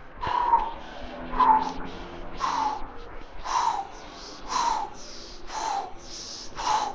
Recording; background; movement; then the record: deep breathing; traffic; walking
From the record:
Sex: male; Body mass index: 22.0 kg/m2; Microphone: on the chest, facing the body